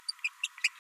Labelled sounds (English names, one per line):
Green-rumped Parrotlet babbling